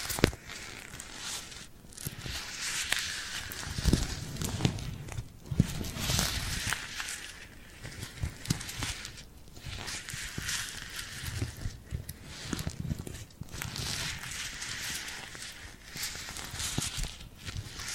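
Tingly glued hand sounds: dense sticky crackling and peeling rasps, bright and continuous, with brief pauses around two, five, nine and thirteen seconds.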